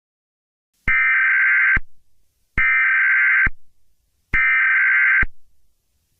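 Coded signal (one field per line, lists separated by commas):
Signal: Emergency Alert System (SAME) tones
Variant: header bursts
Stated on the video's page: Fictional EAS scenario based on a novel, a simulated alert.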